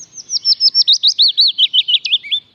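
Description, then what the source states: Willow warbler song: a cascade of many whistled notes sliding steadily downward and stopping without any final flourish. Song similar in structure to the chaffinch's but much slower, gentler and more melodious, with no final flourish.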